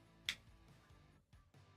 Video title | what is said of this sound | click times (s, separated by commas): CHILL UNBOXING: Studio Series 86 IRONHIDE and Daisy (Super Mario) sponsored by Titan Toyz | All right, so that looks all locked in on the back part. | 0.3 s